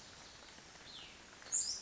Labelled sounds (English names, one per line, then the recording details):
Cassin's Vireo
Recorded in Sonoma County, California